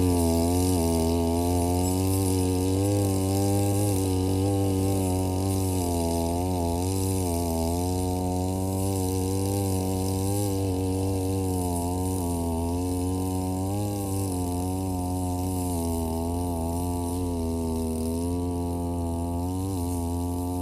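A brush cutter mows grass along rows of green onions and around a field. Its two-stroke engine drones without a break for the whole stretch, loud and buzzy, with the pitch wavering slightly up and down as the blade meets the grass.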